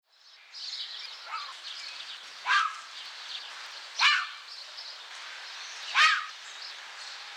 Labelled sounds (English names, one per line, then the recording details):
Corsac Fox
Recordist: Tembrock, Günter
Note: Bellen